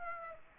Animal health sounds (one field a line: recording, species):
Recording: mosquito wingbeat signal from an infrared sensor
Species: Aedes aegypti